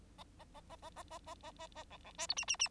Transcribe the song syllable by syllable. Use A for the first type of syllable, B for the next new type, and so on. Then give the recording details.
A A A A A A A A A A B B C D E E E. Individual Bird9